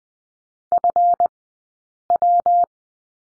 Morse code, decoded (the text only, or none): FW